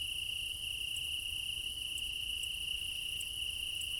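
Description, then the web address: Crickets trilling continuously at a high pitch, overlaid by higher rhythmic pulses, with a faint low rumble beneath. Meadow at night in Crimea in summer; crickets; quad ambience recording with ORTF microphone pair, front pair offset by 3 m. "Quad ambience of Crimea in summer 20 meadow night ambience, crickets, ortf offset by 3 m, front - ORTF. Alexander Kopeikin"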